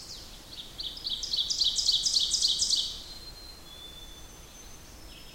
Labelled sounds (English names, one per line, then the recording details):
Ovenbird song
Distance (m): 20 m
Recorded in boreal forest in Alberta, Canada, on 8 June 2016 at 08:03
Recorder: SongMeter 3, array SBT-3-9
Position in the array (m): 53 m, 106 m
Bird 33